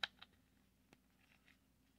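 A plastic figure is pushed onto the pig base piece of its set and snaps on with a sharp, loud click at 0.0 s, seating firmly. Fainter ticks follow at 0.2, 0.9 and 1.5 s over a quiet low hum.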